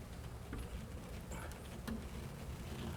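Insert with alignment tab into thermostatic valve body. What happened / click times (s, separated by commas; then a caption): The insert snapped into its seat / 0.5 s, 1.9 s. An insert with an alignment tab is slid into the thermostatic valve body of a GROHE Euphoria SmartControl Exposed Shower System, its tab lined up with the notch inside the valve. Over a low steady background, short sharp clicks sound at 0.5 s and 1.9 s as it snaps into place, seated.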